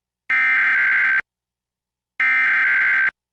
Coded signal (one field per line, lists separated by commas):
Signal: Emergency Alert System (SAME) tones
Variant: header bursts